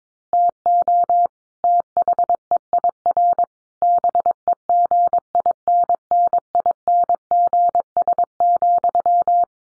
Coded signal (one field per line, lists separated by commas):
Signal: Morse code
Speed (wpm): 22 wpm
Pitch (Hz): 700 Hz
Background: none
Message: TO THEIR BEGINNINGS,